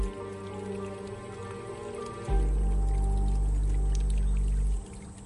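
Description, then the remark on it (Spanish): A thin stream of water trickles steadily from a fountain at the foot of a hill, where an old man bends to drink, then swells into a heavier, deeper splashing flow for a couple of seconds before cutting back down. “Vio una fuente, terminó de bajar la colina y se acercó.”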